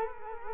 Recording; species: mosquito wingbeat signal from an infrared sensor; Culex quinquefasciatus